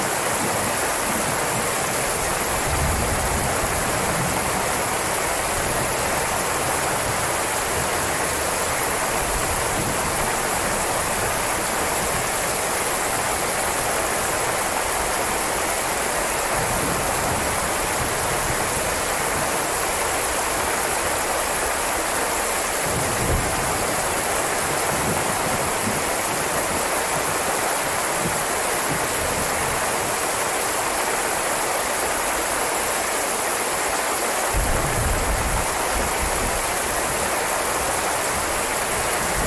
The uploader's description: the soothing sounds of rain and thunder